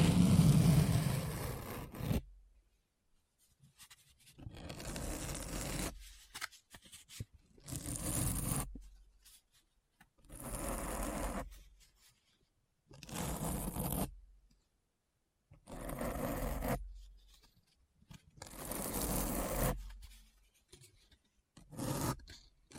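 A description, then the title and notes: Deep scratching in short bursts of about one to two seconds, separated by clean silent gaps. The strokes are rough and scraping, reaching from a low rumble up to a bright hiss. A louder, heavier rub opens the first two seconds. ASMR Deep Brain Scratch (No Talking).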